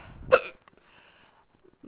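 A single sharp hiccup from an adult, one of a recurring bout of hiccups.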